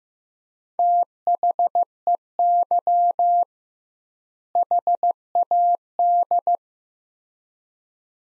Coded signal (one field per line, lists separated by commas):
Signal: Morse code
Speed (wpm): 16 wpm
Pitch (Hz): 700 Hz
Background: none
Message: THEY HAD